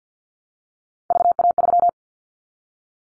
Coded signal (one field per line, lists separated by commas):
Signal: Morse code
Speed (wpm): 50 wpm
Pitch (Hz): 700 Hz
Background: none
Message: VA3